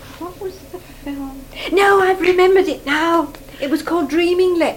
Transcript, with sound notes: What was the film? No! I've remembered it now!. [Said excitedly] It was called Dreaming Lips.